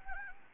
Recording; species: mosquito wingbeat signal from an infrared sensor; Anopheles gambiae